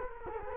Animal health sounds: mosquito wingbeat signal from an infrared sensor; Culex quinquefasciatus

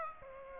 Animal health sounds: mosquito wingbeat signal from an infrared sensor; Aedes aegypti

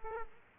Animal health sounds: mosquito wingbeat signal from an infrared sensor; Aedes aegypti

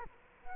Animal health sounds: mosquito wingbeat signal from an infrared sensor; Culex quinquefasciatus

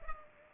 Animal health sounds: mosquito wingbeat signal from an infrared sensor; Culex pipiens

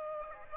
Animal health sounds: mosquito wingbeat signal from an infrared sensor; Aedes aegypti

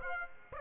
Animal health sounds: mosquito wingbeat signal from an infrared sensor; Aedes aegypti

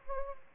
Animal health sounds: mosquito wingbeat signal from an infrared sensor; Anopheles gambiae

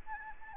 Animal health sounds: mosquito wingbeat signal from an infrared sensor; Anopheles gambiae

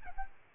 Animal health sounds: mosquito wingbeat signal from an infrared sensor; Aedes albopictus

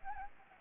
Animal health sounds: mosquito wingbeat signal from an infrared sensor; Anopheles gambiae

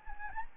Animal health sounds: mosquito wingbeat signal from an infrared sensor; Anopheles gambiae

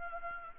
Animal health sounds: mosquito wingbeat signal from an infrared sensor; Anopheles arabiensis

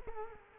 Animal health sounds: mosquito wingbeat signal from an infrared sensor; Culex quinquefasciatus

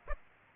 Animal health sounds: mosquito wingbeat signal from an infrared sensor; Aedes aegypti

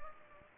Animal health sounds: mosquito wingbeat signal from an infrared sensor; Culex pipiens

